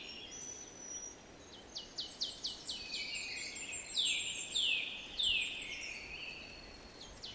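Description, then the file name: Eurasian nuthatch calls: sharp high notes in quick series, then several loud downslurred notes, over steady background hiss. "Sitta europaea"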